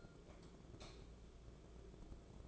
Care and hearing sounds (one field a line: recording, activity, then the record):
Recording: daily activity, microphone in the room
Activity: light off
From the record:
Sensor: 5